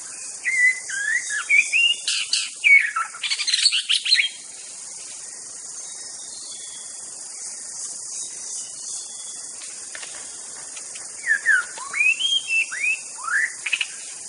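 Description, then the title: White-rumped shama song in two bursts of varied whistles and harsh notes, a long quiet gap between, with steady insect hiss in the background. Wild bird from the forest. "Suara burung murai batu asli hutan"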